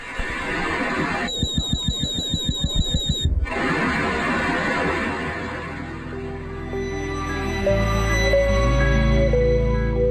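External sonar, as picked up by a hydrophone and played on the third floor of the Galata Museo del Mare in Genoa: after an opening burst of rapid pulses and warbling high whistles, sustained electronic tones rise in, stepping between pitches over a low rumbling underwater background.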